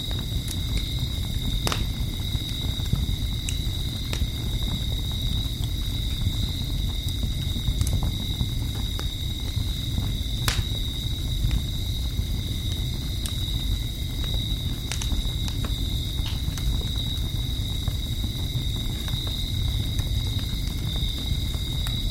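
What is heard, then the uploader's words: A fire burns with a steady low roar, broken by sharp crackles and pops every couple of seconds, a few standing out louder than the rest. A thin, steady high whine runs unchanged underneath the whole time. Fire Sounds.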